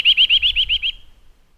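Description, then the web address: Eurasian nuthatch piping a single quick run of seven sharp, rising whistles in under a second, the last notes fading out. "agykontroll Madardalok Cd 1. Csuszka"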